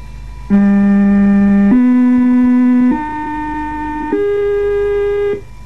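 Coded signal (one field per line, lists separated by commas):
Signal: numbers station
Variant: G08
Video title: Zahlensender/Number Station "G08" (4 Note Rising Scale) DDR/GDR (1972)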